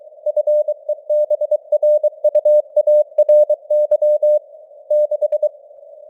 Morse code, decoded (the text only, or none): FEBRUARY 6